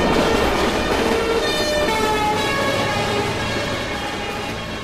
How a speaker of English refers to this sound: What's that? Police train? You act like you've never seen one. I have never seen one. There aren't any such things.